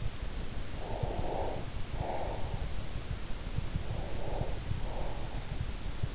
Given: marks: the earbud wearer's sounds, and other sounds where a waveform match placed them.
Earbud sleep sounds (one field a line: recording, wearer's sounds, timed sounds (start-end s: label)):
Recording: sounds in sleep by an in-ear microphone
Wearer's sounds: breath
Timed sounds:
0.82-2.61 s: breath
3.73-5.49 s: breath